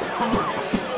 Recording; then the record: coughing mixed with background sound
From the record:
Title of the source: Spring Allergy Coughing